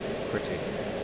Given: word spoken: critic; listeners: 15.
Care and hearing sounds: one English word in noise, from a listening test; speech-shaped noise; -5.0 dB; 4 of 15; 8 of 15; 0.64 s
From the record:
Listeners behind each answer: 8, 4, 1, 1, 1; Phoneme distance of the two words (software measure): 27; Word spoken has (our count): 2 syllables, 6 phonemes, stress on syllable 1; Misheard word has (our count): 2 syllables, 5 phonemes, stress on syllable 1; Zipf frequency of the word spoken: 3.68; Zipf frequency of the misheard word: 5.50

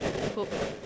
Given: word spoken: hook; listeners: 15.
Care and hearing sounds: one English word in noise, from a listening test; noise modulated by three-talker babble; -4.1 dB; 5 of 15; 8 of 15; 0.46 s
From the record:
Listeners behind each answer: 8, 5, 2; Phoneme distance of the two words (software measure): 10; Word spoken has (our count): 1 syllable, 3 phonemes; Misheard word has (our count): 1 syllable, 3 phonemes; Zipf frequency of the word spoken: 4.21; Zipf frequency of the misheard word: 5.03

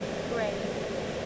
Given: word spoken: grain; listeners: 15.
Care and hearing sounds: one English word in noise, from a listening test; speech-shaped noise; -4.0 dB; 3 of 15; 8 of 15; 0.86 s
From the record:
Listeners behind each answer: 8, 3, 1, 1, 1, 1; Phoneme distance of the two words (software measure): 7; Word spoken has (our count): 1 syllable, 4 phonemes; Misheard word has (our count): 1 syllable, 3 phonemes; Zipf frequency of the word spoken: 3.97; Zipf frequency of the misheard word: 4.51

